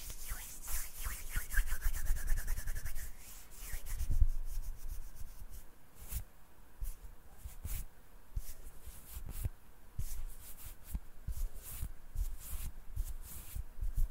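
Intense hand sounds: rough rubbing and scratching with frequent sharp crackles, denser and louder in the first four seconds, then sparser taps.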